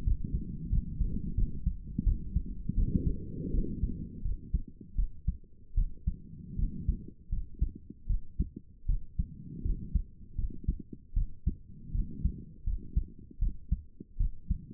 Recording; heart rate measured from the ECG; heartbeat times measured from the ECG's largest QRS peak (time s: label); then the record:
heart sounds by stethoscope; 81 bpm
0.04 s: heartbeat
0.69 s: heartbeat
1.35 s: heartbeat
2.04 s: heartbeat
2.75 s: heartbeat
3.51 s: heartbeat
4.22 s: heartbeat
4.95 s: heartbeat
5.74 s: heartbeat
6.56 s: heartbeat
7.29 s: heartbeat
8.06 s: heartbeat
8.86 s: heartbeat
9.62 s: heartbeat
10.35 s: heartbeat
11.13 s: heartbeat
11.91 s: heartbeat
12.64 s: heartbeat
13.39 s: heartbeat
14.17 s: heartbeat
From the record:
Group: healthy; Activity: cold pressor test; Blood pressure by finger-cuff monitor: 130/71 mmHg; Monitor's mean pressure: 90 mmHg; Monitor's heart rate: 78 bpm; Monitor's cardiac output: 7.4 L/min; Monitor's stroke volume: 93 mL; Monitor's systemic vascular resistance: 870 dyn s/cm5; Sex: female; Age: 22 years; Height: 154 cm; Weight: 58.7 kg